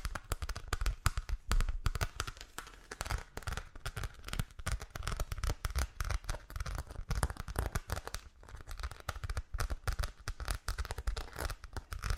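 Tapping on different objects, with rapid, irregular taps and knocks packed densely throughout the twelve seconds. The hits are sharp and crackling, some with a dull low thump beneath, and loudness jumps constantly from tap to tap with barely any pauses.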